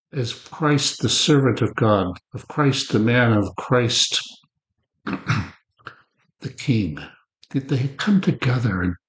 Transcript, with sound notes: as Christ the servant of God, of Christ the man, of Christ [clears throat] the king, that they come together and